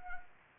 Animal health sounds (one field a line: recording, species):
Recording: mosquito wingbeat signal from an infrared sensor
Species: Anopheles gambiae